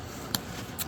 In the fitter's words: That pops into there.